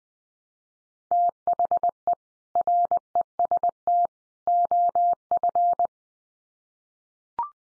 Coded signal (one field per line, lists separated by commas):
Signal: Morse code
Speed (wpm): 20 wpm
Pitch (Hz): 700 Hz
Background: none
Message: THE REST OF